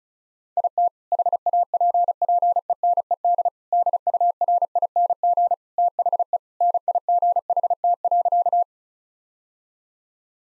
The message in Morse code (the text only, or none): IT HAPPENED DURING THE NIGHT.